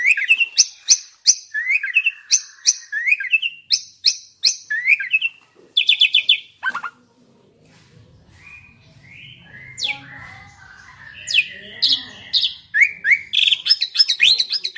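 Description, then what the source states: Asian pied starling song, repeated sharp chattering phrases and whistled slurs, a short quiet gap with low hum, then renewed rapid varied notes. Lively, vigorous singing (gacor).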